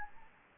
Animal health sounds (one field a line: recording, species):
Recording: mosquito wingbeat signal from an infrared sensor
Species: Anopheles gambiae